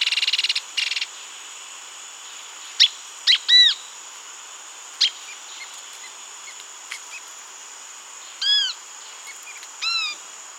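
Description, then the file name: Bird call: a short buzzy burst at the start, scattered clicks, then arched harmonic notes every few seconds, with a steady faint high hiss throughout. "SABIOD 50 bird 2015"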